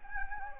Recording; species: mosquito wingbeat signal from an infrared sensor; Anopheles gambiae